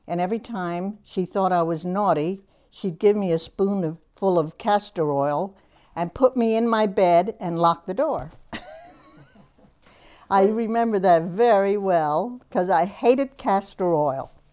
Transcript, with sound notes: And every time she thought I was naughty, she'd give me a spoon full of castor oil and put me in my bed and lock the door. ( she laughs ) I remember that very well because I hated castor oil.